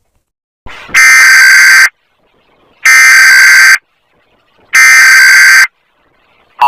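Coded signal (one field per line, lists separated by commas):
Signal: Emergency Alert System (SAME) tones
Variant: header bursts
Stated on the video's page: Simulated EAS scenario.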